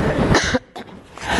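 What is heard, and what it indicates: An adult speaker coughs during a talk.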